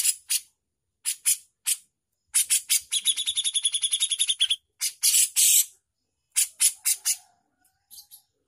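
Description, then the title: Bushlark song with scattered sharp chips, a steady rapid trill in the middle, then harsh buzzy bursts and a few final chirps. Used for training songbirds; bird singing persistently (gacor). "MASTERAN KICAUAN BRANJANGAN GACOR"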